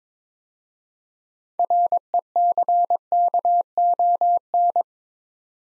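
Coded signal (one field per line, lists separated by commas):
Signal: Morse code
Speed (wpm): 22 wpm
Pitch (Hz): 700 Hz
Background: none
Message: RECKON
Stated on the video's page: Morse code practice at 22 wpm: six-letter words for head-copy, each sent twice, aimed at instant character recognition.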